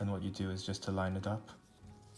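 A resin peg on a floppy 3D-printed toy blaster part is lined up with its port, to be pressed in so the loose part locks into place. Someone talks over soft music while the part is handled, then the talk stops and only quiet low background sound remains. Nothing has seated or clicked yet.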